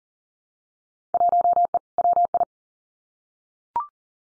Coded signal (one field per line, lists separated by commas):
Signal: Morse code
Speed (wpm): 40 wpm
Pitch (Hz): 700 Hz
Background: none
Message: 1E WI